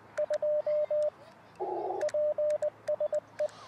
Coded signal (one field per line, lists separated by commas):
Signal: Morse code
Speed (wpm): 18 wpm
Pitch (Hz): 600 Hz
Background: radio noise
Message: 2 PSE